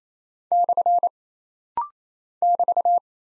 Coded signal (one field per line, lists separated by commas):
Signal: Morse code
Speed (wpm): 27 wpm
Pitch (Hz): 700 Hz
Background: none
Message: / <BT>